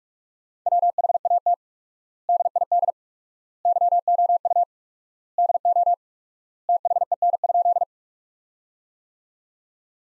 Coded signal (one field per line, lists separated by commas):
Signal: Morse code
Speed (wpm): 46 wpm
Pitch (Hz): 700 Hz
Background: none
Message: WHAT DID YOU DO THEN?